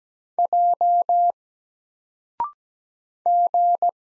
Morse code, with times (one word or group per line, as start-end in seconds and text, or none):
0.4-1.3 J
3.3-3.9 G